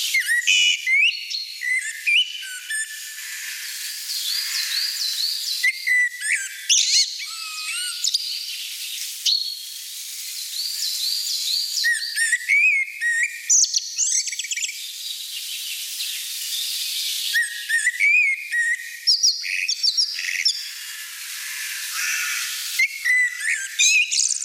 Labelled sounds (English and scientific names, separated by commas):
Common Blackbird (Turdus merula) song